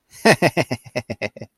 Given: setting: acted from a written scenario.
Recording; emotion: vocal sound without words; amusement